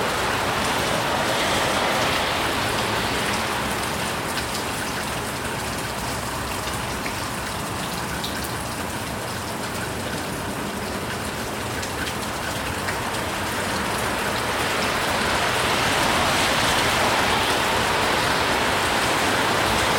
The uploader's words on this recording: Cars Passing By On a Rainy Day. The sound of rain and cars passing by, recorded with a Sony PCM D100 placed in my window sill. It feels like the swallowing of white noise and slushing water.